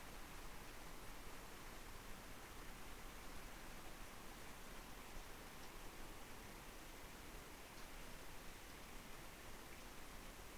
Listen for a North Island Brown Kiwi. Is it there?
no